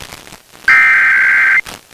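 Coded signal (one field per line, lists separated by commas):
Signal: Emergency Alert System (SAME) tones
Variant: header bursts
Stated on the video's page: Pennsylvania Required Monthly Test relayed by FM radio stations and a TV subchannel, sent about ten minutes late.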